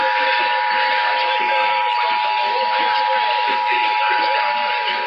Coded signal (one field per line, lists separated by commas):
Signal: Emergency Alert System (SAME) tones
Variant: 853 and 960 Hz attention tone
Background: speech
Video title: Los Angeles Required Monthly Tests (EAS #510-523) 10/30/18